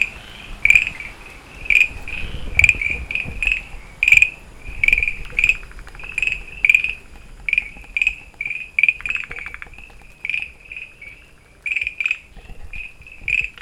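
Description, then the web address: Frog calling in a steady run of short chirping notes and brief buzzy pulse trains. Recorded on 24 August 2013. "frog rec 20130824"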